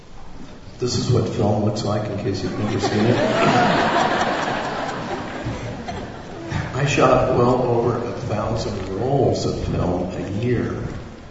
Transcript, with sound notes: This is what film looks like in case you’ve never seen it (Laughter). I shot well over a thousand rolls of film a year.